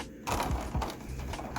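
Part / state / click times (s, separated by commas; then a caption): plastic legs into vinyl figure body / not seated / none. Detached plastic legs of a vinyl collectible figure are handled and pressed toward the figure's body, giving soft rubbing and scraping plastic noises with a few brief taps around 0.8, 1.3 and 1.6 seconds. The legs have not snapped into place yet, and nothing has seated or clicked by the end of the clip.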